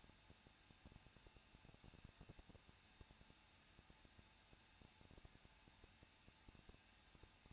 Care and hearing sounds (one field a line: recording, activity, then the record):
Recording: daily activity, microphone in the room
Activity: no activity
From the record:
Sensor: 2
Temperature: 20.9 degrees Celsius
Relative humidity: 37.6%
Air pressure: 1006.3 hPa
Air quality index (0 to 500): 224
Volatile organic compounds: 26 ppm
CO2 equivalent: 2858 ppm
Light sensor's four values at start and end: 2/3/2/2 and 2/3/2/2